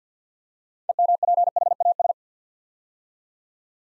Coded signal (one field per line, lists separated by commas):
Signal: Morse code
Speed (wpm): 48 wpm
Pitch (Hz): 700 Hz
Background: none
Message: EMPHAS